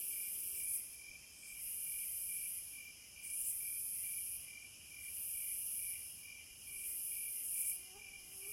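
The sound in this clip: Cicadas giving a shrill droning song that swells and fades repeatedly over a faint pulsing buzz.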